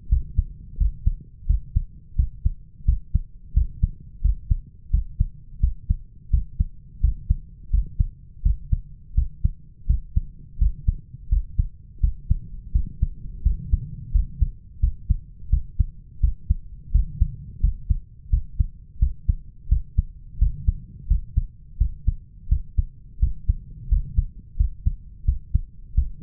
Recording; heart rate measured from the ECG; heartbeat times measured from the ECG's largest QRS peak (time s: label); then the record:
heart sounds by stethoscope; 86 bpm
0.11 s: heartbeat
0.80 s: heartbeat
1.49 s: heartbeat
2.18 s: heartbeat
2.87 s: heartbeat
3.56 s: heartbeat
4.24 s: heartbeat
4.93 s: heartbeat
5.62 s: heartbeat
6.32 s: heartbeat
7.03 s: heartbeat
7.73 s: heartbeat
8.45 s: heartbeat
9.17 s: heartbeat
9.89 s: heartbeat
10.61 s: heartbeat
11.31 s: heartbeat
12.03 s: heartbeat
12.74 s: heartbeat
13.45 s: heartbeat
14.14 s: heartbeat
14.82 s: heartbeat
15.52 s: heartbeat
16.22 s: heartbeat
16.94 s: heartbeat
17.63 s: heartbeat
18.32 s: heartbeat
19.01 s: heartbeat
19.71 s: heartbeat
20.41 s: heartbeat
21.10 s: heartbeat
21.80 s: heartbeat
22.51 s: heartbeat
23.21 s: heartbeat
23.91 s: heartbeat
24.59 s: heartbeat
25.27 s: heartbeat
25.96 s: heartbeat
From the record:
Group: healthy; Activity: rest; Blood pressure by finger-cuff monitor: 137/87 mmHg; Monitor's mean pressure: 102 mmHg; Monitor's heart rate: 86 bpm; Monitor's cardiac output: 7 L/min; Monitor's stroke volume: 82 mL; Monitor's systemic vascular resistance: 1100 dyn s/cm5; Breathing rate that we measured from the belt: 18 breaths a minute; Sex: male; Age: 21 years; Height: 175 cm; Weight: 72.6 kg